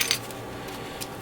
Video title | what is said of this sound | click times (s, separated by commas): *GundamCustoms* MG Sazabi Ka - Part 15 | this and put that here until it snaps into place | 0.0 s, 0.1 s